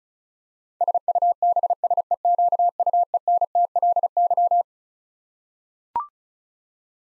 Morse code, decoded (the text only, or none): SUBSEQUENTLY